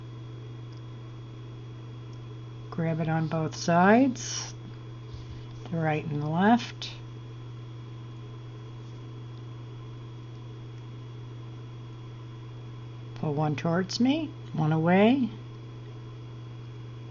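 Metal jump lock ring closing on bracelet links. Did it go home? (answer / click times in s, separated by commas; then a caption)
no / none. A metal jewelry jump lock ring on bracelet links is gripped with pliers on its right and left sides and lined up before being closed. Someone talks in short bursts over a steady low hum. Nothing has clicked together yet.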